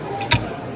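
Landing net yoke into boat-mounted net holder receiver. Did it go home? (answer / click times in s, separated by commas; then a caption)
yes / 0.3 s. A landing net's pinned yoke is slid onto a hard-coated black net holder receiver mounted on a boat. A sharp click sounds at 0.3 s as the yoke snaps into place, seating it in the receiver.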